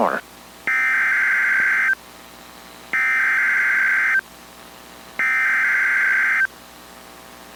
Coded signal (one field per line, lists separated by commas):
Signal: Emergency Alert System (SAME) tones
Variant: header bursts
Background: speech